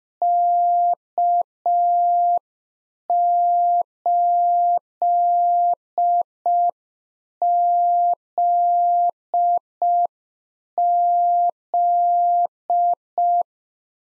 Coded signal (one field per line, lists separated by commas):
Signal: Morse code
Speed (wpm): 5 wpm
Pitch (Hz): 700 Hz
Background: none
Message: K8ZZ